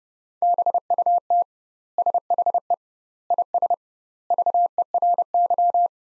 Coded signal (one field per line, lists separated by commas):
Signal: Morse code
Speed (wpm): 30 wpm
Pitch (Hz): 700 Hz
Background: none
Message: BUT SHE IS VERY